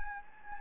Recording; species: mosquito wingbeat signal from an infrared sensor; Anopheles gambiae